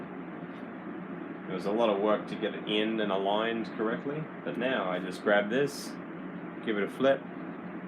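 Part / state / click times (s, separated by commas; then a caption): blade clamp of a knife sharpening system rotating into its locked position / not seated / none. Someone talks over a steady background hiss while grabbing the blade clamp of a knife-sharpening system to flip it 180 degrees into its locked position. The clip ends before the clamp locks, so nothing has seated or clicked yet.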